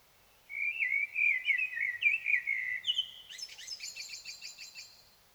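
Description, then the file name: Common blackbird song: a rich, mellow warbled phrase of about two and a half seconds, followed by a rapid, high, scratchy twittering flourish. "Turdus merula"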